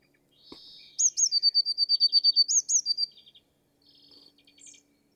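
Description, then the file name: Eurasian blue tit singing a sharp, high introductory pair of notes followed by a fast ringing trill, with faint softer twittering before and after. "Cyanistes caeruleus"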